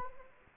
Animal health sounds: mosquito wingbeat signal from an infrared sensor; Anopheles arabiensis

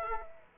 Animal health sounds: mosquito wingbeat signal from an infrared sensor; Aedes aegypti

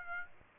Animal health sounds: mosquito wingbeat signal from an infrared sensor; Aedes aegypti

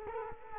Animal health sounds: mosquito wingbeat signal from an infrared sensor; Culex quinquefasciatus

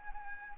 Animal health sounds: mosquito wingbeat signal from an infrared sensor; Anopheles arabiensis

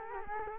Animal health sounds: mosquito wingbeat signal from an infrared sensor; Culex quinquefasciatus

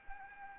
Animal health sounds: mosquito wingbeat signal from an infrared sensor; Anopheles arabiensis

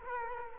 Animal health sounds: mosquito wingbeat signal from an infrared sensor; Culex quinquefasciatus

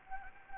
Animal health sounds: mosquito wingbeat signal from an infrared sensor; Anopheles gambiae

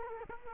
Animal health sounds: mosquito wingbeat signal from an infrared sensor; Culex quinquefasciatus

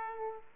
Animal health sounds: mosquito wingbeat signal from an infrared sensor; Aedes aegypti

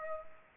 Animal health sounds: mosquito wingbeat signal from an infrared sensor; Culex pipiens

